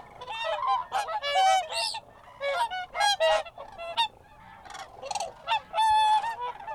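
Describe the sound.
Crane trumpeting calls from several birds overlapping, loud harmonic honks and rolling bugles in rapid bursts with brief quieter gaps.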